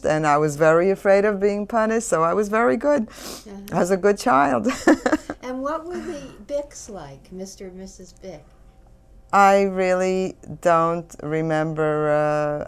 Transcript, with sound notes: And I was very afraid of being punished so I was very good. I was a good child. (She laughs.)
And what were the Byk's like, Mr. and Mrs. Byk?
I really don't remember.